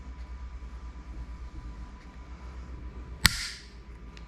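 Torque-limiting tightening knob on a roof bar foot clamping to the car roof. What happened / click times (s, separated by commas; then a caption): The torque-limiting knob clicked at its set torque / 3.3 s. A torque-limiting tightening knob on a Thule WingBar Edge roof bar foot, which clamps to the car roof with a strap, is turned over a low steady hum. It gives one sharp click at 3.3 s, showing it has reached the specified torque that keeps the strap tight and stops the bars moving. A faint tick follows near 4.2 s.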